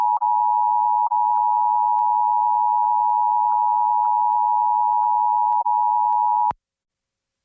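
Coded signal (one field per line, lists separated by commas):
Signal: Emergency Alert System (SAME) tones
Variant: 853 and 960 Hz attention tone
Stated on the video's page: Special marine warning relayed on a TV station, with pixelation.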